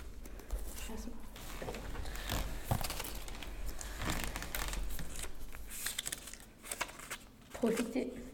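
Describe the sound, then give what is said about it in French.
Paper rustles and crinkles in irregular bursts of crisp crackles as a slip is drawn out and unfolded, with a brief murmur of voices near the end. “Est-ce qu'on tire notre papier?”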